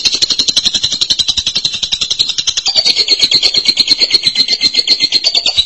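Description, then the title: Lovebird song of fast, shrill, buzzy chatter running without a break, the pitch rising slightly midway. "BM Suara Burung Lovebird"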